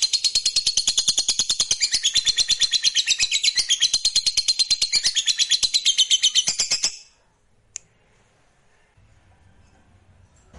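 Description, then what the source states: Lovebird chattering rapidly in a high, buzzy twittering run for about seven seconds, then stopping abruptly, leaving near silence with a faint low hum. Fighter lovebird singing energetically (gacor).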